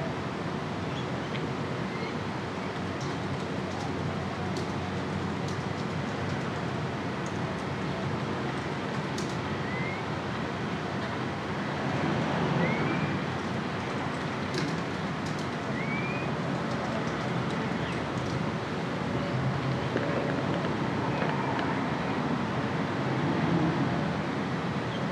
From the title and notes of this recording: Flemington, Victoria. Her front room accompanied by the sounds of her front yard.